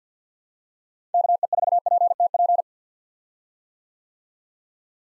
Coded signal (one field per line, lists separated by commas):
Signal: Morse code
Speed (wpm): 50 wpm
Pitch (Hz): 700 Hz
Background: none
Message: KE4PTP